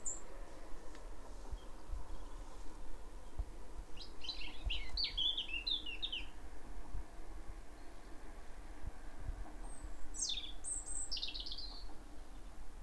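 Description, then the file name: European robin singing two brief, thin, high warbled phrases a few seconds apart over a steady low rumbling background. "Erithacus rubecula"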